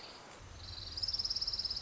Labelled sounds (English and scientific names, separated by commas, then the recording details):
Orange-crowned Warbler (Leiothlypis celata)
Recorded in Sonoma County, California